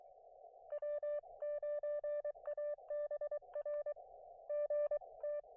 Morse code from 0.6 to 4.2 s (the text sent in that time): W9ABR